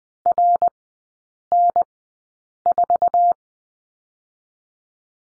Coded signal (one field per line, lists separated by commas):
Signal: Morse code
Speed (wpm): 20 wpm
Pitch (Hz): 700 Hz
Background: none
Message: RN4